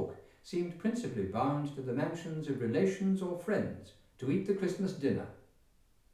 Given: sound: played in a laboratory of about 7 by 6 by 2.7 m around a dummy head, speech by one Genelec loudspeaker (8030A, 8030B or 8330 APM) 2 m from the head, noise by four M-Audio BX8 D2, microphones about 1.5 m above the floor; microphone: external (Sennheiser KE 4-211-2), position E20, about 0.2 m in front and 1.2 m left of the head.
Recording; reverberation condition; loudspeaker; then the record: male speech in English; medium; behind (180 degrees)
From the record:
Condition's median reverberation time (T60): about 510 ms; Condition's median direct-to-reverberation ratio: about -0.5 dB